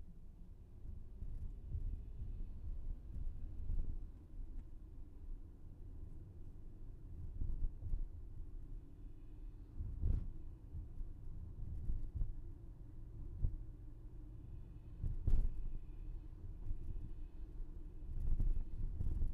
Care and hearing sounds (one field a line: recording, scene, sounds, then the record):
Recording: everyday scene through a hearing-aid microphone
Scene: in a vehicle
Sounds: engine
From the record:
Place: VW T5 Caravelle, diesel engine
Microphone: behind the ear, left, rear